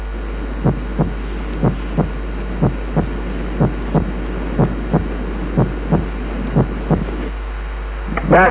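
Regular lub-dub at about 60 a minute from an adult heart through a stethoscope; the first sound is single and pure, a normal first heart sound.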